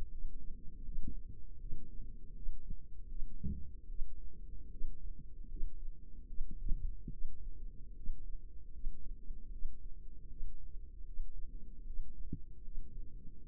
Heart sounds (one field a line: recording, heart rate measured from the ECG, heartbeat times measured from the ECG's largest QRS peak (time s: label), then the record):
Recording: heart sounds by microphone in the left ear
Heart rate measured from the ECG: 77 bpm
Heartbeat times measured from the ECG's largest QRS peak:
0.10 s: heartbeat
0.85 s: heartbeat
1.60 s: heartbeat
2.34 s: heartbeat
3.08 s: heartbeat
3.88 s: heartbeat
4.71 s: heartbeat
5.48 s: heartbeat
6.27 s: heartbeat
7.12 s: heartbeat
7.95 s: heartbeat
8.72 s: heartbeat
9.51 s: heartbeat
10.29 s: heartbeat
11.05 s: heartbeat
11.85 s: heartbeat
12.63 s: heartbeat
13.39 s: heartbeat
From the record:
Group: healthy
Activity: rest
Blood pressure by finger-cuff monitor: 88/58 mmHg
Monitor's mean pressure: 65 mmHg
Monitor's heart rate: 77 bpm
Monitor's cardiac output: 6 L/min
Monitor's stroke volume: 77 mL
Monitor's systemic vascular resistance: 790 dyn s/cm5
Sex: female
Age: 22 years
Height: 163 cm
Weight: 67.1 kg